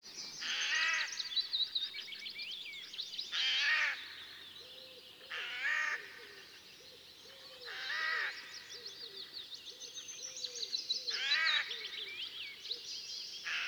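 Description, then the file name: Eurasian jay giving harsh, rasping screeches, six bursts spaced roughly every two to three seconds, with thin chirping songbirds in the background. "Garrulus glandarius"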